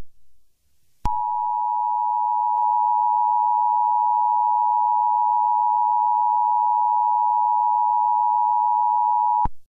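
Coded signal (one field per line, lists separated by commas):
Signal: Emergency Alert System (SAME) tones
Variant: 853 and 960 Hz attention tone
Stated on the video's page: Fictional scenario alert, not a real broadcast.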